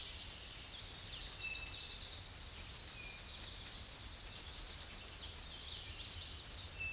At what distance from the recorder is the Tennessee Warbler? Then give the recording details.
about 20 m. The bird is about 10 m above the microphone. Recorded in a Pennsylvania forest on 16 May 2024 at 07:48. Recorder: AudioMoth, point MSD-0665. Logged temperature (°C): 16.1 °C. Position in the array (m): 82 m, 75 m